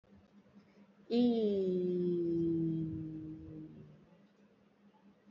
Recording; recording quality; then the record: sustained vowel as in beet; excellent, no background noise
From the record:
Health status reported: healthy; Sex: female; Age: 34 years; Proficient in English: yes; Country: India